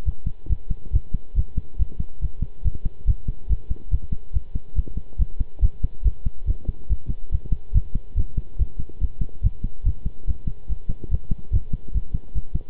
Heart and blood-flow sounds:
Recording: heart sounds by stethoscope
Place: between the tricuspid and mitral areas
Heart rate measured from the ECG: 142 bpm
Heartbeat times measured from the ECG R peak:
0.05 s: heartbeat
0.49 s: heartbeat
0.92 s: heartbeat
1.36 s: heartbeat
1.79 s: heartbeat
2.21 s: heartbeat
2.64 s: heartbeat
3.07 s: heartbeat
3.49 s: heartbeat
3.91 s: heartbeat
4.33 s: heartbeat
4.75 s: heartbeat
5.18 s: heartbeat
5.61 s: heartbeat
6.04 s: heartbeat
6.47 s: heartbeat
6.89 s: heartbeat
7.31 s: heartbeat
7.74 s: heartbeat
8.16 s: heartbeat
8.58 s: heartbeat
9.01 s: heartbeat
9.43 s: heartbeat
9.85 s: heartbeat
10.27 s: heartbeat
10.69 s: heartbeat
11.11 s: heartbeat
11.52 s: heartbeat
11.94 s: heartbeat
12.35 s: heartbeat
From the record:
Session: pedaling a stationary bicycle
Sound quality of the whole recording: good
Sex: male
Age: 23 years

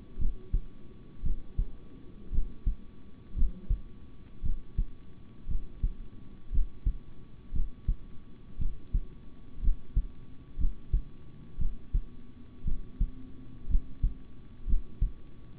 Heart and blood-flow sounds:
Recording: heart sounds by stethoscope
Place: between the tricuspid and mitral areas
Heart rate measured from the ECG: 58 bpm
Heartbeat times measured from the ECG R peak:
0.18 s: heartbeat
1.23 s: heartbeat
2.31 s: heartbeat
3.35 s: heartbeat
4.42 s: heartbeat
5.47 s: heartbeat
6.51 s: heartbeat
7.52 s: heartbeat
8.58 s: heartbeat
9.61 s: heartbeat
10.57 s: heartbeat
11.58 s: heartbeat
12.64 s: heartbeat
13.68 s: heartbeat
14.66 s: heartbeat
From the record:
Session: rest, sitting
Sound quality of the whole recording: good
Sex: male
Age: 26 years

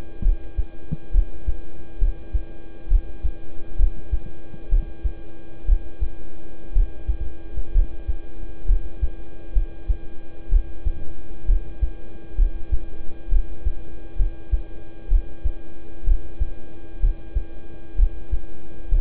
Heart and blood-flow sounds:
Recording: heart sounds by stethoscope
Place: between the tricuspid and mitral areas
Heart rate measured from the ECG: 64 bpm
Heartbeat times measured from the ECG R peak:
0.22 s: heartbeat
1.11 s: heartbeat
1.98 s: heartbeat
2.88 s: heartbeat
3.76 s: heartbeat
4.69 s: heartbeat
5.65 s: heartbeat
6.72 s: heartbeat
7.71 s: heartbeat
8.65 s: heartbeat
9.52 s: heartbeat
10.49 s: heartbeat
11.45 s: heartbeat
12.35 s: heartbeat
13.29 s: heartbeat
14.16 s: heartbeat
15.08 s: heartbeat
16.04 s: heartbeat
16.99 s: heartbeat
17.95 s: heartbeat
18.88 s: heartbeat
From the record:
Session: rest, lying down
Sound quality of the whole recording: good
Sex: male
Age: 26 years

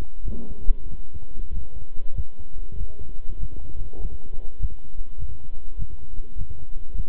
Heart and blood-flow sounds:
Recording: heart sounds by stethoscope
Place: between the tricuspid and mitral areas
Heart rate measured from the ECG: 98 bpm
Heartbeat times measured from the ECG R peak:
0.23 s: heartbeat
0.88 s: heartbeat
1.51 s: heartbeat
2.14 s: heartbeat
2.76 s: heartbeat
3.38 s: heartbeat
3.99 s: heartbeat
4.58 s: heartbeat
5.18 s: heartbeat
5.77 s: heartbeat
6.36 s: heartbeat
6.94 s: heartbeat
From the record:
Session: walking at 3.7 km/h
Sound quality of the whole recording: good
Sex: male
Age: 26 years

